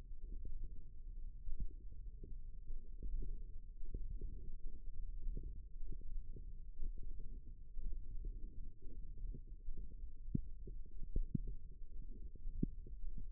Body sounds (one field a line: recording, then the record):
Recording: forearm muscle sounds (acoustic myography)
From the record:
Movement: index flexion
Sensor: system 1, eight BSWA MPA416 microphones around the upper forearm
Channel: 8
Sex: female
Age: 21 years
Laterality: right